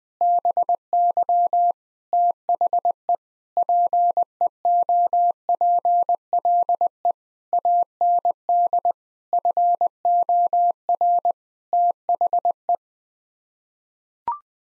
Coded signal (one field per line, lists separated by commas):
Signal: Morse code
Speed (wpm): 20 wpm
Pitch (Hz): 700 Hz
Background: none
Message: BY THE PEOPLE AND FOR THE